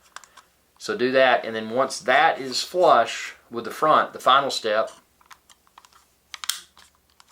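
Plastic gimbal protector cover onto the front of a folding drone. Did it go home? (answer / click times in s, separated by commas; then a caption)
yes / 6.3 s, 6.4 s, 6.5 s. Someone talks while lining a plastic camera/gimbal protector cover up flush with the front of a folded DJI Mavic Air drone, with the camera kept flat. After a short pause, the cover is pushed on as the final step and snaps home with sharp clicks at 6.3, 6.4 and 6.5 seconds, seating it in place.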